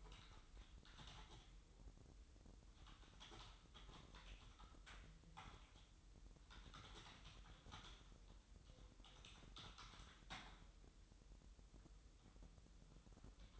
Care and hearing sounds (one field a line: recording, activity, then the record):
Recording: daily activity, microphone in the room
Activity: typing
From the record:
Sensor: 3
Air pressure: 988.8 hPa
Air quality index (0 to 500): 205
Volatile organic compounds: 442 ppm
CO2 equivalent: 4738 ppm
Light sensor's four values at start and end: 25/81/33/30 and 25/81/33/30